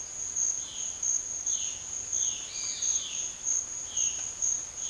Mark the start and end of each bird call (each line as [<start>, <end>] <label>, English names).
[0.44, 4.90] Violaceous Jay